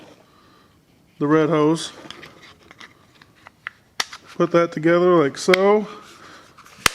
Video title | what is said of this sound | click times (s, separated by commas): CK 26 Flex Head TIG Torch - Everlast PowerTIG 210EXT | click in place it's there | 6.9 s